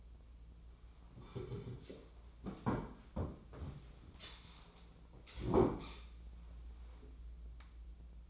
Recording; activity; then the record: daily activity, microphone in the room; sit down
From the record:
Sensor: 1